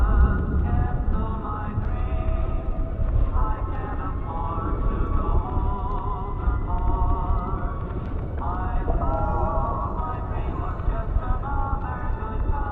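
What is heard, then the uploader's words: Oldies music plays underwater, heavily muffled, with everything above the middle range cut away. A thick, steady low rumble runs throughout, while wavering melody lines, perhaps a singing voice, drift in and out over the whole stretch without any clear breaks. Oldies music playing underwater in City.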